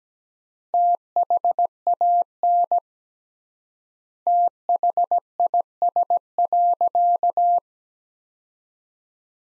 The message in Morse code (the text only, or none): THAN THIS.